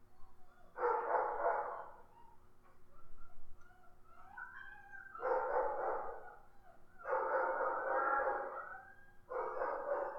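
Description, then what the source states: Dog barking in four loud, gruff bursts spaced a few seconds apart, with softer whining notes heard between the bursts. More than one dog, barking and whimpering.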